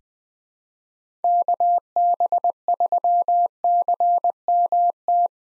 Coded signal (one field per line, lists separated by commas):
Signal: Morse code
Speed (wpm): 20 wpm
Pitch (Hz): 700 Hz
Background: none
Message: KB3CMT